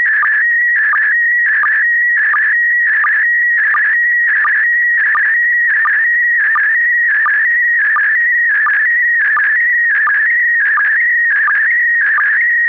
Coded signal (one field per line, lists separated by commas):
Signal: SSTV (slow-scan television)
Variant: PD 90